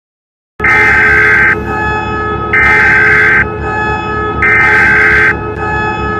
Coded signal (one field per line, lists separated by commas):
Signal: Emergency Alert System (SAME) tones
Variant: header bursts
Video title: WAKE ISLANDS EAS ALARM